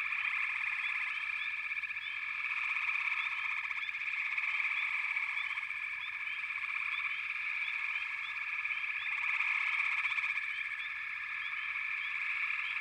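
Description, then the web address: Frog chorus, a dense continuous mass of trilling and pulsing croaks from many frogs, with short upward chirps scattered over the steady drone. "Nature Songs Nature Sounds The Natural Sounds of the Wilderness 10 CDs collection Echoes of Nature - Frog Chorus"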